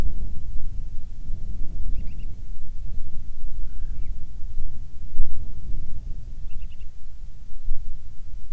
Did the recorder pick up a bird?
yes